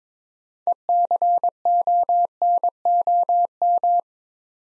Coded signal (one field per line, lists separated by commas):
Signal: Morse code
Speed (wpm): 22 wpm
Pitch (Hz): 700 Hz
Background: none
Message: ECONOM